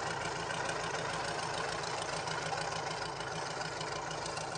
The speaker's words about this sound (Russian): Трактор останавливается.